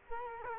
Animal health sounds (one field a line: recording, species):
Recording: mosquito wingbeat signal from an infrared sensor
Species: Culex quinquefasciatus